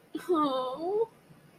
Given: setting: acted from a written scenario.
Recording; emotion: vocal sound without words; distress